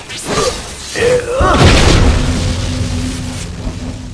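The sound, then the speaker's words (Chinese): A loud lightning strike from a very thin bolt drawn down from black clouds during a downpour: a few sharp crackling bursts, then a heavy thunderous boom that rolls into a long, sustained rumble, fading slowly over several seconds. “像是与此呼应，半天之上，黑云之间，引下一缕极细闪电。”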